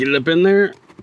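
A replacement blower motor is being pushed up into the plastic HVAC blower housing under the dash of a 2500HD pickup, where it twist-locks into place. Someone talks for about 0.7 seconds, then only faint low handling noises follow. Nothing has seated or clicked yet.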